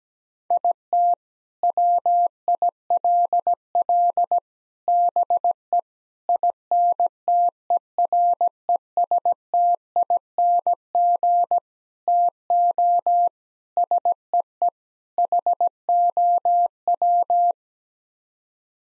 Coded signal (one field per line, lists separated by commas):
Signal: Morse code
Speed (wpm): 17 wpm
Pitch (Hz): 700 Hz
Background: none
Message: IT WILL BE INTERESTING TO SEE HOW